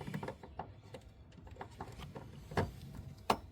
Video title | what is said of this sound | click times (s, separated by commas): 2015 Honda Accord LED Rear Turn Signal Light & Tail Light Install & Review - Lasfit LED Bulb | click it back in spot then you do your upper light your turn signal | 3.3 s